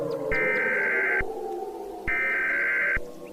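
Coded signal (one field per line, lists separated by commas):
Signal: Emergency Alert System (SAME) tones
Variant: header bursts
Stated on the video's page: Simulated EAS scenario using valid SAME tones.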